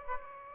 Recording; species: mosquito wingbeat signal from an infrared sensor; Aedes aegypti